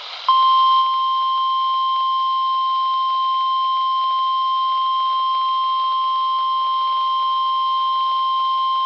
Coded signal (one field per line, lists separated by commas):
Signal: Emergency Alert System (SAME) tones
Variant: 1050 Hz attention tone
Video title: (EAS "#733") Severe Thunderstorm Watch #240 from WNG588 (Jefferson, NC) - 5/8/2025